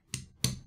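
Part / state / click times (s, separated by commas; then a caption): titanium handle scale onto folding knife frame / seated / 0.1 s, 0.4 s. A titanium handle scale is slid back down on top of the frame of a screwless folding knife, a Kassanova Design Neutron Star titanium tanto, during reassembly. Two sharp metallic clicks sound at 0.1 s and 0.4 s, the second louder, as the scale snaps and seats into place.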